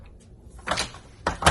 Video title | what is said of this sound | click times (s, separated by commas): How to install blinds | and that locks in place now | 1.3 s